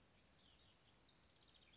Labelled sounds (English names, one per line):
House Wren